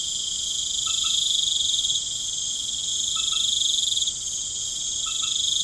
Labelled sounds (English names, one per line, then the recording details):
none
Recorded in pastures near Puerto Asís, Putumayo, Colombia, on 12 March 2025 at 20:30
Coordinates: 0.505, -76.324
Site GP08